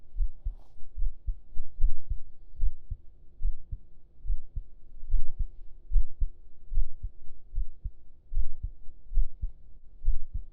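Steady, muffled low double thumps at about 75 beats a minute: an adult's heartbeat heard with the ear laid on the chest under the shirt.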